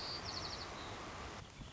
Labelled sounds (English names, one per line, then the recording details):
White-crowned Sparrow
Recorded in Sonoma County, California